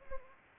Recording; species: mosquito wingbeat signal from an infrared sensor; Anopheles gambiae